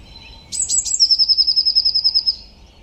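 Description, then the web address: Bird gives one song phrase: three clipped high notes, then a bright rapid trill of many pulses. "cianscape birddata Deverinetal 2025 File origin Bird Only Cy Ca"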